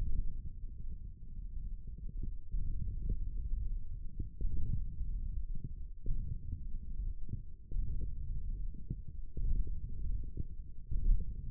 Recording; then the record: forearm muscle sounds (acoustic myography)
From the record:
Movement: hand closing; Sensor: system 1, eight BSWA MPA416 microphones around the upper forearm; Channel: 7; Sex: male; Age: 18 years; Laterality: right